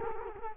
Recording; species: mosquito wingbeat signal from an infrared sensor; Culex quinquefasciatus